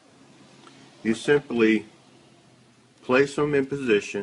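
A replacement plastic crankcase ventilation hose for a BMW is being handled and placed in position at its engine port, with its fitting not yet pressed in. Someone talks in two bursts over a quiet background hum. Nothing has seated or clicked yet.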